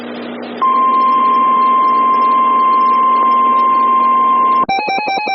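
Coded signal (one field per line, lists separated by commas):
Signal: Emergency Alert System (SAME) tones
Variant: 1050 Hz attention tone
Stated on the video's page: Received EAS alerts from various US states, Canada and US territories.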